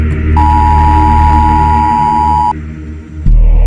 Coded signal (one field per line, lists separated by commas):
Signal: Emergency Alert System (SAME) tones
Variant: 853 and 960 Hz attention tone